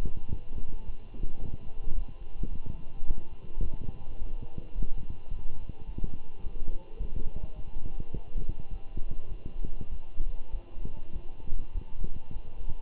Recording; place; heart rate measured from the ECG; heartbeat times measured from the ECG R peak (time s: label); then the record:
heart sounds by stethoscope; between the tricuspid and mitral areas; 105 bpm
0.30 s: heartbeat
0.86 s: heartbeat
1.41 s: heartbeat
1.95 s: heartbeat
2.50 s: heartbeat
3.06 s: heartbeat
3.62 s: heartbeat
4.18 s: heartbeat
4.74 s: heartbeat
5.30 s: heartbeat
5.86 s: heartbeat
6.43 s: heartbeat
6.99 s: heartbeat
7.55 s: heartbeat
8.12 s: heartbeat
8.70 s: heartbeat
9.29 s: heartbeat
9.91 s: heartbeat
10.52 s: heartbeat
11.13 s: heartbeat
11.74 s: heartbeat
12.33 s: heartbeat
From the record:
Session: walking at 3.7 km/h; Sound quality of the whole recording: good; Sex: male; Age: 24 years